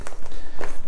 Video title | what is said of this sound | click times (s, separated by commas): How To Organize Soft Plastics For Kayak And Bank Anglers (Fishing Hacks) | is pretty easy listen for that snap and | 0.1 s, 0.3 s, 0.6 s